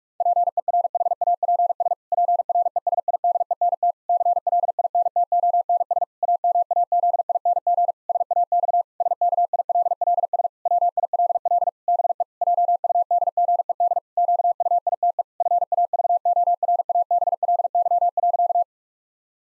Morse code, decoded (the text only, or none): PERHAPS PRESIDENT CLINTONS AMAZING SAX SKILLS WILL BE JUDGED QUITE FAVORABLY.